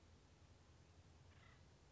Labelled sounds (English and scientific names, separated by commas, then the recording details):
Acorn Woodpecker (Melanerpes formicivorus)
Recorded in Sonoma County, California